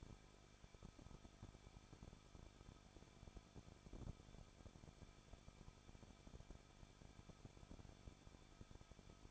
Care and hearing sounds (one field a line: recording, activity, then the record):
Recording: daily activity, microphone in the room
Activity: no activity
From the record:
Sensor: 5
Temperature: 20.8 degrees Celsius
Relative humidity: 38.6%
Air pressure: 1006.5 hPa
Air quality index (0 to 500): 192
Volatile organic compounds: 21 ppm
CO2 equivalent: 2714 ppm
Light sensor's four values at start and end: 2/3/1/1 and 2/3/1/1